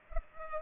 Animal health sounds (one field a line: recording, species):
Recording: mosquito wingbeat signal from an infrared sensor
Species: Culex pipiens